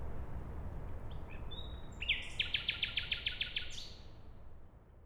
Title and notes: Bohaterów Westerplatte, 41-106 Siemianowice Śląskie, Polska. Poniedziałek, 20 maja 2019. Noc. Słowik przy drodze